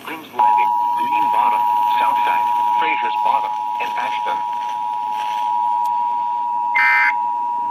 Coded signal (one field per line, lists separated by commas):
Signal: Emergency Alert System (SAME) tones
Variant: 853 and 960 Hz attention tone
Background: speech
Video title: EAS Compilation: Satanic Severity (8/31/24) EAS 2600-2650